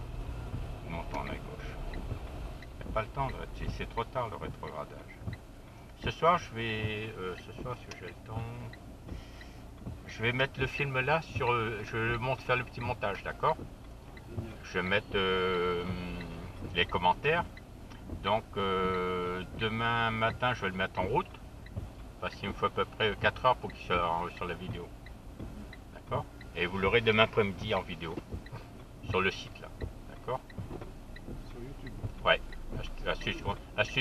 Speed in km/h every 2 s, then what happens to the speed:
8, 4, 0, 0, 0, 0, 0, 0, 0, 0, 0, 0, 0, 0, 0, 0, 3.
0-3 slows to 0. 3-31 standing.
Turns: none.